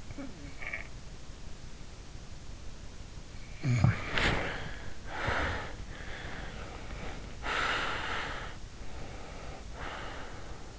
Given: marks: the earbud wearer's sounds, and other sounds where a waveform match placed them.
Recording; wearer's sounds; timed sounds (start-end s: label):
sounds in sleep by an in-ear microphone; snoring breath, body movement, breath
0.00-0.99 s: snoring breath
3.53-5.96 s: snoring breath
4.16-4.68 s: body movement
6.07-8.59 s: breath
8.82-10.79 s: breath